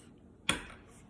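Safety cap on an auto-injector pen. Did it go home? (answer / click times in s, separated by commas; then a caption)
released / 0.5 s. An orange plastic safety cap is pulled off an epinephrine auto-injector trainer pen, releasing it. A single sharp tick sounds at 0.5 s and fades quickly against a quiet background.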